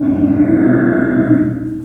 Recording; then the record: squeal of a Yucatan mini pig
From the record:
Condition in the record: after surgery on the right vocal fold (resection and tissue-engineered implant); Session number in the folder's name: 3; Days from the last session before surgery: 21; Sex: female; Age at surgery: 19 weeks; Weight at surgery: 25 kg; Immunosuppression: prednisolone